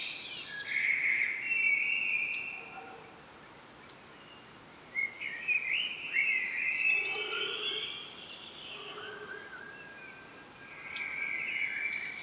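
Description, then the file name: Common blackbird, several short warbled phrases with quieter lower notes between them, spaced a few seconds apart against a continuous hissing background. "Turdus merula"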